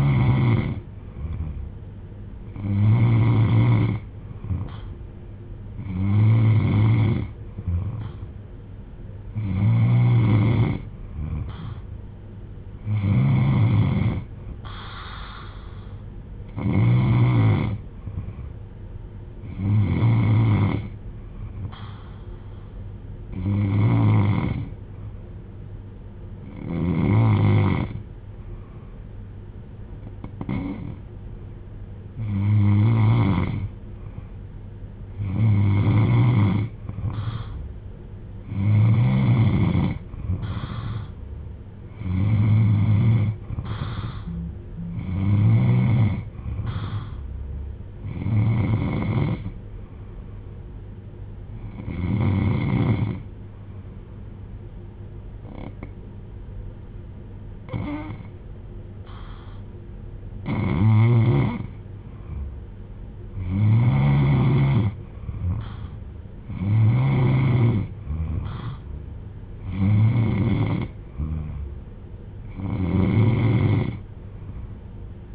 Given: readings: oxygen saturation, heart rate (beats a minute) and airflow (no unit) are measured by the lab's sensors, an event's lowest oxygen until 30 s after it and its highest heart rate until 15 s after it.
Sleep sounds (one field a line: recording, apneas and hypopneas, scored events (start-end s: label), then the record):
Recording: breathing in sleep by a smartphone at the bedside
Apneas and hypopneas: none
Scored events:
none scored
From the record:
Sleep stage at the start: N3 (deep sleep)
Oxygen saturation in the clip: 92 to 95%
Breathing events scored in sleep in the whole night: 310 in 8.1 hours asleep